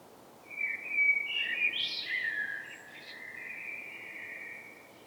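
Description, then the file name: Common blackbird song: a single phrase of warbled fluty notes with a brief higher twitter in the middle, fading gently. "Turdus merula"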